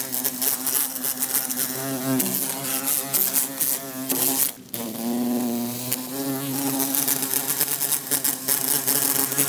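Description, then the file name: Bumblebee buzz, steady low hum with shifting pitch, brief drop near the middle, and frequent light tapping knocks throughout. Bumblebee buzzing while trying to escape through a closed window. "Bumblebee trying to escape thru closed window"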